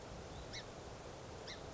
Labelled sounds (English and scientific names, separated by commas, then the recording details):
Song Sparrow (Melospiza melodia)
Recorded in Sonoma County, California